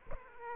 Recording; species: mosquito wingbeat signal from an infrared sensor; Aedes aegypti